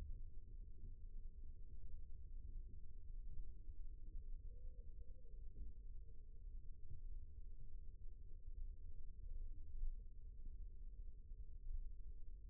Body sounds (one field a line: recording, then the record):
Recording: forearm muscle sounds (acoustic myography)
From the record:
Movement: rest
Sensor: system 1, eight BSWA MPA416 microphones around the upper forearm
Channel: 7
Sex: male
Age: 20 years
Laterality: left